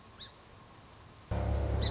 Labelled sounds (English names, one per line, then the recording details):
Song Sparrow
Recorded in Sonoma County, California